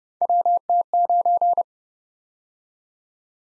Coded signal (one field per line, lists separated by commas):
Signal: Morse code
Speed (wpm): 28 wpm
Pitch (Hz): 700 Hz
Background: none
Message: WT9